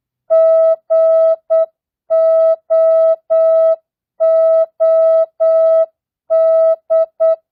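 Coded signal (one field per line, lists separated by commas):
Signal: Morse code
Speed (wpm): 8 wpm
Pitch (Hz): 650 Hz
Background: music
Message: GOOD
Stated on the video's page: Morse practice at 8 wpm, non-Farnsworth, mixed words, numbers and punctuation.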